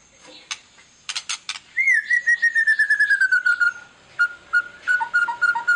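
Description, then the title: White-rumped shama song opening with clicks, then a long slowly descending whistled trill followed by spaced, repeated whistled notes. Lure of a vigorously singing bird, meant to make other birds respond. "PANCINGAN MURAI BATU GACOR"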